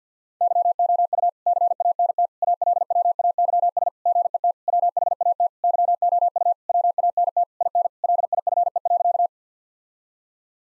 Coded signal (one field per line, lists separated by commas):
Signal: Morse code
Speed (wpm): 50 wpm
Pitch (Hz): 700 Hz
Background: none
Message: YOU CANT ALWAYS GET WHAT YOU WANT IN LIFE.